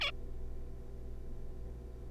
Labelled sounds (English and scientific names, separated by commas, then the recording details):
Zebra Finch (Taeniopygia guttata)
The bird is a juvenile
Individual R3549